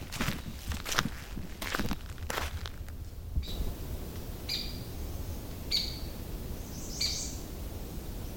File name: downy woodpecker